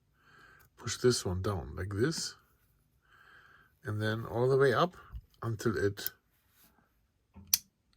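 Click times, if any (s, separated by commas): 7.5 s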